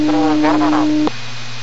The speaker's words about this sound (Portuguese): Ainda é só a portadora, com bastante chiado.